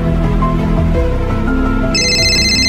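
Low, sustained background music plays throughout, then a bright, steady electronic phone ringtone cuts in partway through and rings loudly over it until the end, a call from a man's mother in his hometown.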